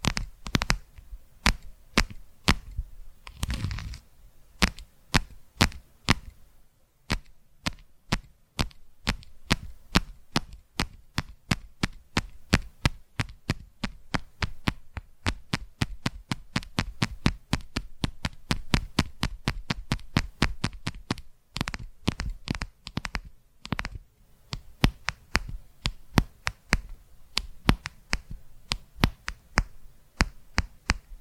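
Tapping for ASMR, a long run of sharp, crisp taps that land in quick, fairly regular bursts throughout. The pace quickens and thickens in places, with a few brief pauses near 7 and 21 seconds, over a faint low hum.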